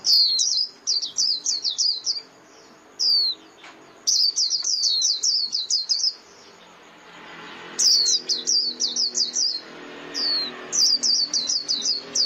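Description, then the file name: White-eye giving repeated bursts of rapid, high, thin chirps, interspersed with single falling notes and a brief quiet stretch midway. Lure call used for trapping white-eyes, known as mồi. "Tieng khuyen moi"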